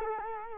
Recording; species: mosquito wingbeat signal from an infrared sensor; Culex quinquefasciatus